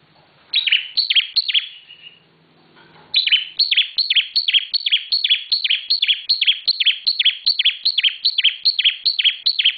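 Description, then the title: Bar-winged prinia song: quick, evenly repeated downslurred high notes about three per second, a brief break with soft background sound, then a long continuous series. Intended for training cage birds. "Suara Ciblek Semi"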